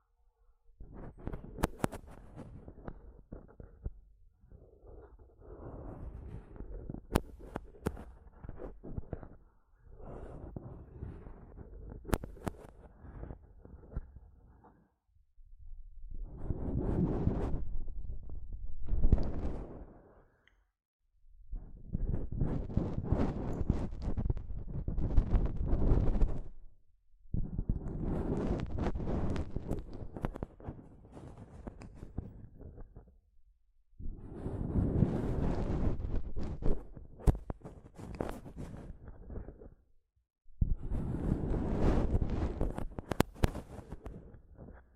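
Mic tapping and scratching in bursts of several seconds separated by short silences, growing louder and fuller after fifteen seconds, with sharp crackles.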